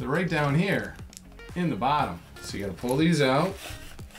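Someone talks while handling the plastic pants pieces of a toy fox figure, pulling them out from the bottom of the toy to fit them on. Music plays underneath, and a faint brief sound comes near 4.0 s. Nothing has clicked into place yet.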